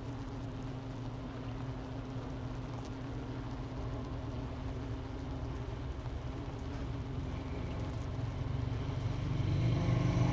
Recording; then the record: honeybee colony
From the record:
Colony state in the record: missing queen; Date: 31 May 2018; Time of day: 10:23